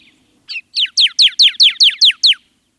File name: Pyrrhuloxia